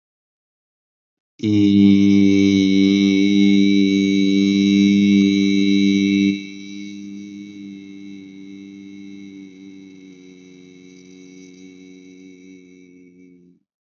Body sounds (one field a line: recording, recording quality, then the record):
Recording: sustained vowel as in beet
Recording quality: excellent, no background noise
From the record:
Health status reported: healthy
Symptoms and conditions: none ticked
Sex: male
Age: 22 years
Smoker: not ticked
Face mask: not worn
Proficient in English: yes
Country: India